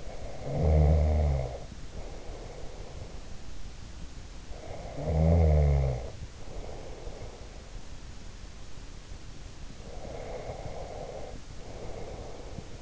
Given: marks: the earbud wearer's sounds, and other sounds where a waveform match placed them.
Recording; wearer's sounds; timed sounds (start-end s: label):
sounds in sleep by an in-ear microphone; snoring breath, breath
0.00-3.34 s: snoring breath
4.48-7.57 s: snoring breath
9.74-12.82 s: breath